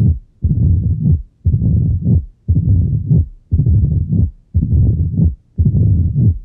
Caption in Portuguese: Som de Estenose Mitral. A estenose mitral, classicamente causa um sopro diastólico tipo ruflar , que, na presença de ritmo sinusal vem acompanhado de um reforço pré-sistólico (pelo aumento do fluxo transmitral durante a contração atrial). Em valvas doentes, mas não tão calcificadas, é possível ouvir, antes do sopro, um estalido de abertura .